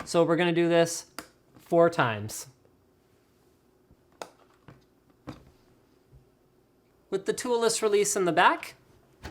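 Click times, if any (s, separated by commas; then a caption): 4.2 s. A DDR3 memory DIMM is inserted non-tab side first into a Maximus 6 Formula motherboard slot that has a latch on one side only, then pressed firmly on the tab side. Someone talks before and after, and between the speech there are a few short, faint ticks. The module locks into place with a sharp click at 4.2 s.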